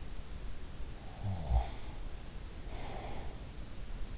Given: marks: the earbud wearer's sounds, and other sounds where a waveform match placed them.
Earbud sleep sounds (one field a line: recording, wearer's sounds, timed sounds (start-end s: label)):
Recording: sounds in sleep by an in-ear microphone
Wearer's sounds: snoring breath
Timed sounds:
0.70-3.83 s: snoring breath